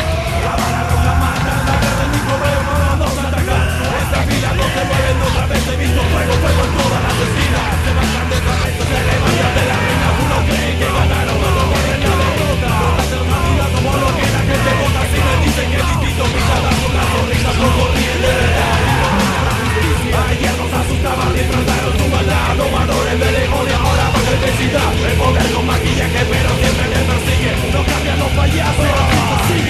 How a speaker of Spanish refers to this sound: pero el grito sigue.